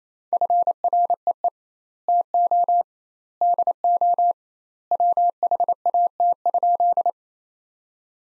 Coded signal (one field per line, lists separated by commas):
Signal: Morse code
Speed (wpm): 28 wpm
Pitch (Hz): 700 Hz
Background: none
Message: FREE TO DO WHAT?